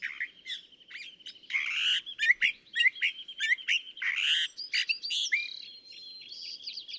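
California thrasher song: a rich, varied run of chirps, slurred whistles and harsh notes, delivered quickly for about seven seconds.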